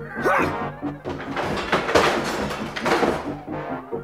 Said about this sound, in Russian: Старая обшарпанная дверь уступила нашим объединенным усилиям, и мы ворвались в комнату.